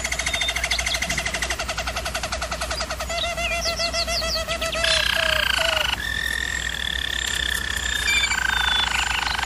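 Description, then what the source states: Canary rolling song: rapid low pulsed trills give way to faster buzzy tours, then sustained clear whistled notes with harmonics, changing abruptly between sections. German Roller breed canary singing.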